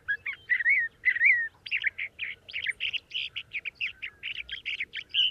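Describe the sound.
Sage thrasher song, a rapid run of warbled, slurred and buzzy notes at mid-high pitch, delivered continuously without pause.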